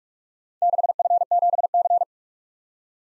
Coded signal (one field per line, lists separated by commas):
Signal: Morse code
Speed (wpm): 44 wpm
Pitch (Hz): 700 Hz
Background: none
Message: 6F7C